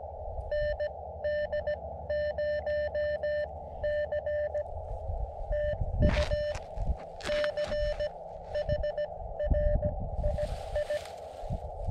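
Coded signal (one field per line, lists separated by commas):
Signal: Morse code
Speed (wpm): 17 wpm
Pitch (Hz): 590 Hz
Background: none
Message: ND0C TU CHRII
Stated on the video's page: CW from a 10W radio on a mountain summit, working stations in the US, Canada and New Zealand.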